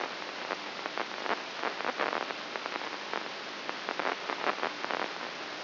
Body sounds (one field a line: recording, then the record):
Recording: brain microelectrode recording played as sound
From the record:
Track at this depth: inside the subthalamic nucleus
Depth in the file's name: 2.04 mm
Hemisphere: right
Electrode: 2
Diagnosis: Parkinson's disease